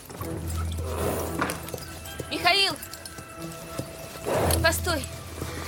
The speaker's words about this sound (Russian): Батюшка ведет коня.